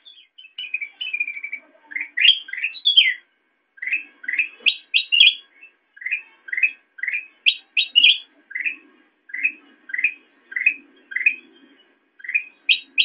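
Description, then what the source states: Sooty-headed bulbul: a descending trill of short notes, then many repeated upward chirps mixed with higher squeaky notes, continuing steadily throughout. Intended for training songbirds (masteran).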